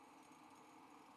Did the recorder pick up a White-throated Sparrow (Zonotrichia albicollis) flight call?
no